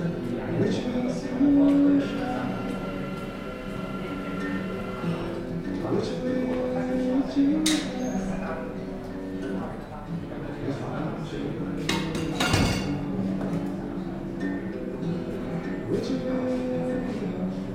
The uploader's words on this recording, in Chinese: 坐在咖啡馆有点开心｜城市声音。北京地坛旁边 没有特地录说话声。